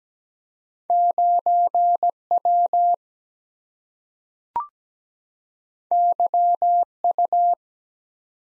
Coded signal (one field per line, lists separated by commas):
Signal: Morse code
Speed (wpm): 17 wpm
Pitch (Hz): 700 Hz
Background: none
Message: 9W YU